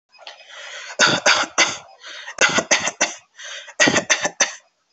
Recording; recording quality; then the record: shallow voluntary cough; excellent, no background noise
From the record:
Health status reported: healthy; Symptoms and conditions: none ticked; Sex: male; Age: 27 years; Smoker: not ticked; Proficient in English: yes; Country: India